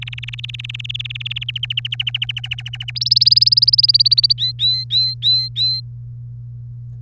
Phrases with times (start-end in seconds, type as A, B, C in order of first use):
0.02-1.44 A, 1.48-2.91 B, 2.95-4.33 C, 4.38-5.80 D